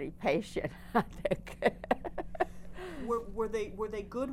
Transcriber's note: she laughs